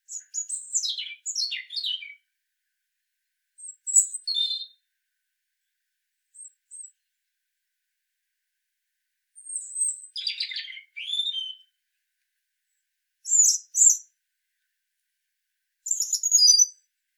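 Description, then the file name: European robin giving sparse, high thin phrases: scratchy trills and short whistles spaced several seconds apart, with long quiet stretches between. "Erithacus rubecula"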